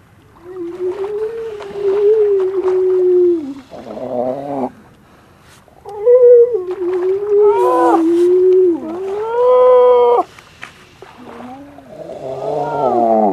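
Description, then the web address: Grey seal wailing calls, long harmonic moans that rise and fall, some held steadily, several in succession with short gaps between them. "gray seal"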